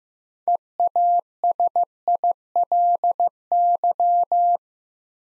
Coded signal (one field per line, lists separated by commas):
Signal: Morse code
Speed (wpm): 15 wpm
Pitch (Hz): 700 Hz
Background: none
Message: EASILY